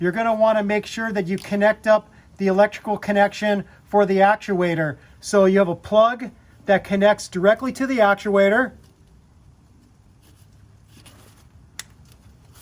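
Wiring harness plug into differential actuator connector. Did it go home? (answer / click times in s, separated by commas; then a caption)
yes / 11.8 s. A wiring harness plug is pushed onto the front differential actuator connector on a 3rd Gen 4Runner or 1st Gen Tacoma. Someone talks for the first 8.7 seconds, then after a quiet pause a sharp snap is heard at 11.8 s as the plug seats on the actuator connector.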